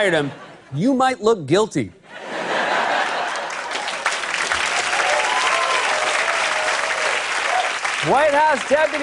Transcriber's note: laughter, applause